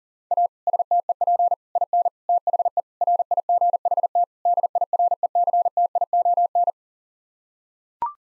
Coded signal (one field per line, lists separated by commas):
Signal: Morse code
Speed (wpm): 40 wpm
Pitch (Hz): 700 Hz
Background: none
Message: A STEP IN THE RIGHT DIRECTION